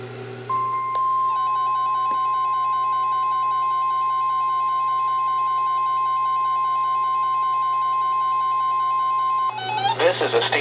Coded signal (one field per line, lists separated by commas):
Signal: Emergency Alert System (SAME) tones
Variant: 1050 Hz attention tone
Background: speech